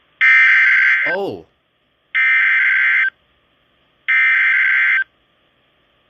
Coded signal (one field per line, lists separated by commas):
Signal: Emergency Alert System (SAME) tones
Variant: header bursts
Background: speech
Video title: EAS #399-400!: Caught Me Off Guard (Double-Header WSWs on KIG86) (1/22/23)